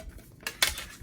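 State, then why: Seated. A plastic piece is pressed into a travel watercolor set's case and its lid is pressed on, giving two sharp plastic snaps at 0.5 s and 0.6 s, the second louder. The insert pops into place and is seated.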